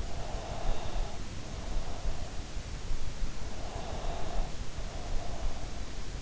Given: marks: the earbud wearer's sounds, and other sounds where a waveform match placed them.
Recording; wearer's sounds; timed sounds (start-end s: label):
sounds in sleep by an in-ear microphone; breath
0.16-2.38 s: breath
3.81-5.53 s: breath